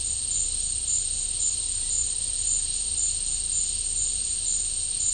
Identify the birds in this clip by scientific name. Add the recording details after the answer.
none. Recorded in pastures near Puerto Asís, Putumayo, Colombia, on 21 December 2024 at 13:00. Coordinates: 0.496, -76.326. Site G004